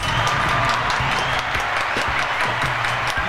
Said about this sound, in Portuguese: Palmas no estúdio.